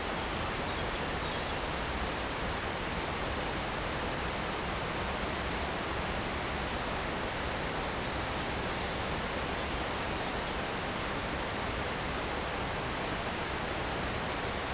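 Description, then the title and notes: Cicada: unbroken shrill buzzing of cicadas running throughout, with rushing stream noise filling the lower range. Cicadas very active in trees near a river on mountain slopes above Culoz, France, on a hot day. "Sur les pentes du Grand Colombier au dessus de Culoz , par cette chaude journée les cigales sont très actives dans les arbres près du Jourdan."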